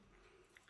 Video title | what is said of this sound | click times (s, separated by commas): Sony ZV E10L I Unboxing I Tamil I குட்டி camera - 4K Quality | சரி, இப்போ lock பண்ணியாச்சு. | 0.6 s